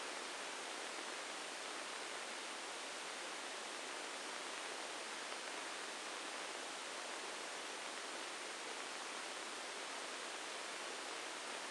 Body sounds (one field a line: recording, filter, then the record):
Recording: brain microelectrode recording played as sound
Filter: spike band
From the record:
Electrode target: subthalamic nucleus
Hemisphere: right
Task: reaching with the left hand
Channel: 1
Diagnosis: Parkinson's disease